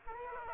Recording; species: mosquito wingbeat signal from an infrared sensor; Aedes aegypti